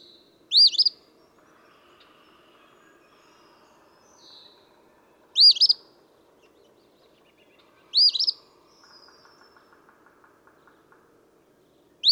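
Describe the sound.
Eastern phoebe repeating its raspy two-part song three times, spaced irregularly, with another phrase beginning at the very end and faint chirps and a soft rapid ticking in the background.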